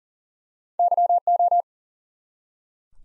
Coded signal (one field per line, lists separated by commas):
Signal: Morse code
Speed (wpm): 42 wpm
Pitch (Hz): 700 Hz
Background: none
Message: YO